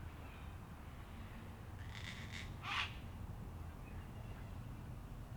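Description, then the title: Sulphur-crested cockatoo screech, a few rough squawks ending in one loud, harsh blast, with a faint low rumble underneath. Local cockatoos, said to number about 500; an evening in Canberra, recorded in April 2020 during lockdown. "An Evening in Canberra (Feat. 500 Cockies)"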